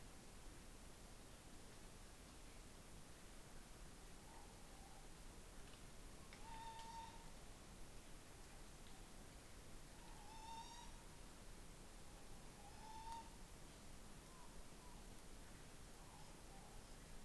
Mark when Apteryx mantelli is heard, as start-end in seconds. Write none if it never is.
none